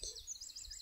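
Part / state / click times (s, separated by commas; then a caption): tool attachment shaft into multi-tool motor unit coupling / seated / 0.0 s. A cordless garden tool attachment shaft, from an EGO battery multi-tool kit, is pushed into the battery motor unit's coupling up to the red line until it latches. A small click is heard at 0.0 s, and the attachment seats in the motor unit. High chirping tones sound throughout the clip.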